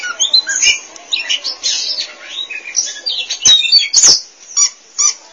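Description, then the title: Oriental magpie-robin song, a rapid run of sweet whistles, slurred notes and harsh chatters, with a few sharp clicks. Chirping song (kicauan) of the bird. "Suara Kicauan Burung Kacer Durasi Panjang"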